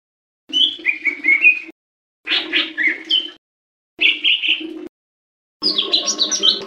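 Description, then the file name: Leafbird song in four separate bursts of quick chirping, whistled phrases, each about a second long, over a low hum. "cucak-hijau-mini omkicau"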